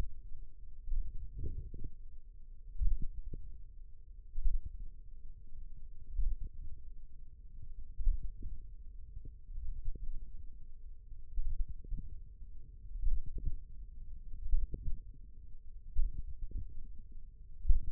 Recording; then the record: forearm muscle sounds (acoustic myography)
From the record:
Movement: finger pinch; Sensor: system 1, eight BSWA MPA416 microphones around the upper forearm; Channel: 3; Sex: female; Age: 21 years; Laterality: right